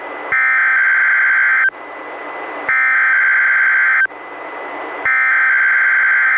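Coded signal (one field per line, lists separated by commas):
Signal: Emergency Alert System (SAME) tones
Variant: header bursts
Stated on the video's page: NOAA Weather Radio Required Weekly Test relayed by KEC91, recorded from a Reecom R-1630 weather radio via Zoom H1 recorder.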